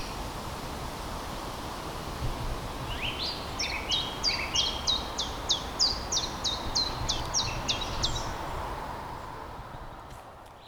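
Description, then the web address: Common chiffchaff song, a steady run of many high, clipped notes, over constant rushing background noise. "linnut tiltaltti"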